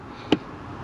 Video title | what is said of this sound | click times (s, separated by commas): My Custom 2022 Jeep Gladiator Rubicon Options List And Window Sticker Price! | there you go you heard that click click that into place | 0.3 s